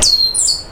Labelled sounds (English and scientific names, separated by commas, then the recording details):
Stitchbird (Notiomystis cincta) song
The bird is a male
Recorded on Tiritiri Matangi Island, New Zealand, in 2005
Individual 12, of nest box 16